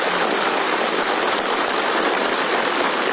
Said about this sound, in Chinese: 下午3:30许，习近平来到人民大会堂北大厅，全场响起热烈掌声。